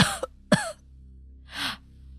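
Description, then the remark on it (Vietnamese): Two harsh, forceful coughs burst out half a second apart, followed by a strained, raspy breath drawn in during a short coughing fit as a man buckles over. No one speaks. “Thầy Sùng khuỵu người xuống ho sặc sụa, miệng liên tục nói.”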